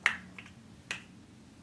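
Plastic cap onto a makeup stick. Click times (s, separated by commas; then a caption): 0.1 s. A plastic cap is snapped shut onto a MERIT Beauty makeup stick so the product never dries out. A sharp click is heard at 0.1 s, then a faint tick near 0.4 s and a second snap near 0.9 s. The cap is seated at 0.1 s.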